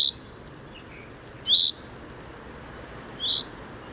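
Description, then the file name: Common chaffinch giving three short, high call notes about one and a half seconds apart over a soft, steady hiss. "Fringilla coelebs"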